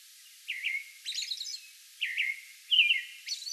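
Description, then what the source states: American robin giving a few short whistled phrases alternating with high, thin squeaky notes. Song bout recorded on May 11.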